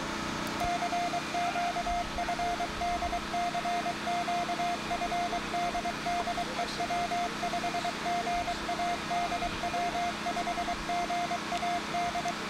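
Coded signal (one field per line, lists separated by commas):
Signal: Morse code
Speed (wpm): 23 wpm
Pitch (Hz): 700 Hz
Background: none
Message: CQ FD CQ FD DE W5GAD W5GAD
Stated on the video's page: Morse code heard at an ARRL Amateur Radio Field Day station; raw recording.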